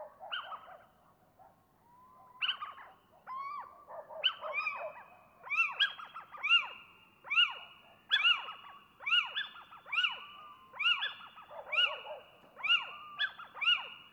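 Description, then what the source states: Little owl pair calling: scattered whistles, then a steady series of sharp, yelping, arched notes, about one per second. A pair giving various loud calls while interacting with neighbouring owls.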